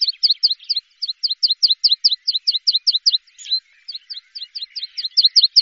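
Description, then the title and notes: Bird song made of crisp, high, downslurred chirps in a rapid even series, with a short squeaky break midway before the repeated notes resume. "Bird Sound. Kicau Burung Lengkap"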